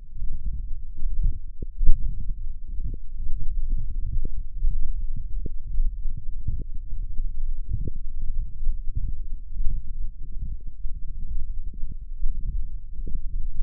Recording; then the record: forearm muscle sounds (acoustic myography)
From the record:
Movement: forearm supination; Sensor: system 1, eight BSWA MPA416 microphones around the upper forearm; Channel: 8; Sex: male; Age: 21 years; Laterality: right